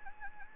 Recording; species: mosquito wingbeat signal from an infrared sensor; Anopheles gambiae